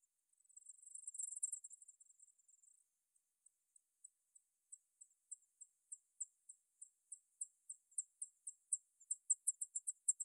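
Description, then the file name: Bat echolocation: an opening buzz of very fast high pulses, then a brief pause and a regular series of short clicks that get steadily louder. Bat movement recorded at the Gondwana garden in Rayol. "Rayol Gondwana Mouvementde Chauve Souris Mercier Glotin"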